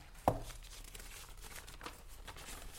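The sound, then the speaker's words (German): Someone rummages through a handbag holding gloves, a wallet, a comb, keys and a powder compact: a sharp clack at the start, then soft, uneven rustling and crinkling as items are shuffled about, with no voices. “Ihre Handtasche her! Nein, nein, was? Sitzen bleiben! Handschuhe, Geldtasche, Kamm, Schlüssel, Puderdose.”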